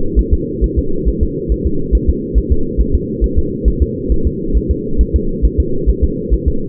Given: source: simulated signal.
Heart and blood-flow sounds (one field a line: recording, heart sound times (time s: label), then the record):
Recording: fetal heart sounds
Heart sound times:
0.19 s: S1
0.34 s: S2
0.64 s: S1
0.79 s: S2
1.09 s: S1
1.23 s: S2
1.52 s: S1
1.67 s: S2
1.95 s: S1
2.10 s: S2
2.38 s: S1
2.52 s: S2
2.81 s: S1
2.95 s: S2
3.24 s: S1
3.39 s: S2
3.68 s: S1
3.82 s: S2
4.12 s: S1
4.27 s: S2
4.57 s: S1
4.71 s: S2
5.01 s: S1
5.16 s: S2
5.45 s: S1
5.60 s: S2
5.90 s: S1
6.04 s: S2
6.34 s: S1
6.48 s: S2
From the record:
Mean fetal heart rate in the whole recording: 135 bpm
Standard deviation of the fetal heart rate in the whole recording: 3 bpm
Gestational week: 34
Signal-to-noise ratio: -8.1 dB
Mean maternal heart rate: 72 bpm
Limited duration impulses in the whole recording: absent